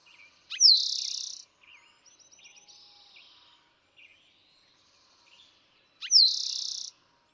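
Eastern towhee sings twice, about five seconds apart, each a sharp slurred note then a fast trill, with soft twittering between.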